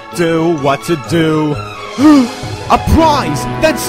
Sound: gasp